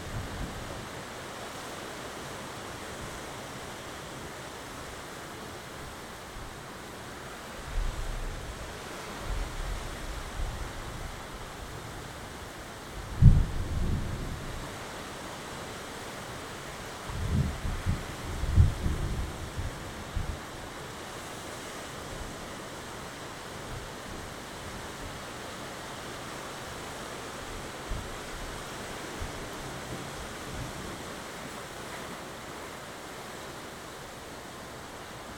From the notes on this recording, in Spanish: tormenta